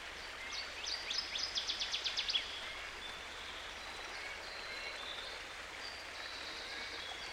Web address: Dan Gibson Songbirds By The Stream. Northern Waterthrush